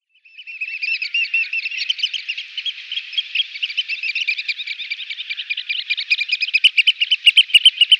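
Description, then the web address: Eurasian oystercatcher display piping: a sharp run of high piping notes that starts abruptly, speeds into a fast trill, then breaks into louder, distinct, evenly spaced pips. Display vocalisation. "Schulze Peter Eurasian Oystercatcher display"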